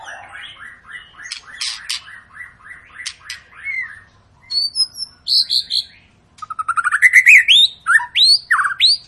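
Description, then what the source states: White-rumped shama song, a string of soft repeated notes, a few loud high whistles, then a rapid burst of rising chirps and upslurred phrases. Long lure song (pancingan) of an energetically singing (gacor) shama, used to prompt other birds to sing.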